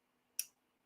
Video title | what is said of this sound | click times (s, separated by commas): Doody's LIVE! Morning Doody? | snap shut like that and then snapping open | 0.4 s